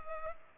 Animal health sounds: mosquito wingbeat signal from an infrared sensor; Culex pipiens

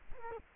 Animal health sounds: mosquito wingbeat signal from an infrared sensor; Culex quinquefasciatus

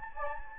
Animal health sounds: mosquito wingbeat signal from an infrared sensor; Anopheles gambiae

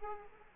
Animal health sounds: mosquito wingbeat signal from an infrared sensor; Culex quinquefasciatus

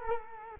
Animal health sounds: mosquito wingbeat signal from an infrared sensor; Culex quinquefasciatus

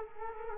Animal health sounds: mosquito wingbeat signal from an infrared sensor; Culex quinquefasciatus

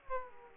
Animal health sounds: mosquito wingbeat signal from an infrared sensor; Aedes aegypti

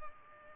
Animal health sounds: mosquito wingbeat signal from an infrared sensor; Culex pipiens

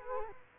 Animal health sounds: mosquito wingbeat signal from an infrared sensor; Culex quinquefasciatus

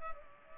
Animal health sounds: mosquito wingbeat signal from an infrared sensor; Culex pipiens

